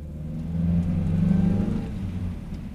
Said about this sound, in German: Sie fuhren schnell und brauchten nicht lange.